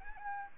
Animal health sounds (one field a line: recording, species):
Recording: mosquito wingbeat signal from an infrared sensor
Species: Aedes albopictus